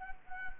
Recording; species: mosquito wingbeat signal from an infrared sensor; Culex quinquefasciatus